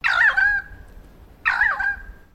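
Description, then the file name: Currawong calling twice, each call a rough, squawking note that drops into a drawn-out, even whistle, the two calls about one and a half seconds apart. "BIRD CURRAWONG CALL"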